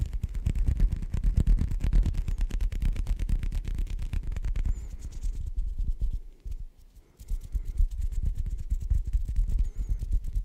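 Intense hand sounds: fast, dense rubbing and tapping with a heavy low rumble, almost like an engine running. The busy texture holds steady, drops to near silence for about a second past the six-second mark, then resumes just as strongly.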